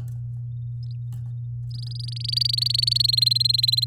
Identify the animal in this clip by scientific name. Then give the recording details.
Serinus canaria. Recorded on 6 May 2018 at 08:18. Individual llb16